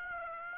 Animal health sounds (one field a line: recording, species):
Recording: mosquito wingbeat signal from an infrared sensor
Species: Aedes aegypti